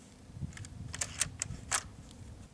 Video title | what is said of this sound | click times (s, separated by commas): Réplica airsoft de Blaser 93 LRS | otherwise it slips right in and clicks into place | 1.4 s